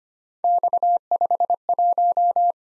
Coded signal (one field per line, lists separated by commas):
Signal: Morse code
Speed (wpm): 25 wpm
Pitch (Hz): 700 Hz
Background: none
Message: X51